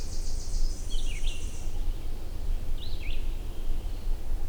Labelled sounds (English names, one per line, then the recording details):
Red-eyed Vireo song
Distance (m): 45 m
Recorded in boreal forest in Alberta, Canada, on 21 June 2016 at 08:27
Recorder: SongMeter 3, array SBT-6-81
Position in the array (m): 49 m, 229 m